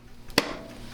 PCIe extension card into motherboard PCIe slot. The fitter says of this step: the clicks you hear the pops that's it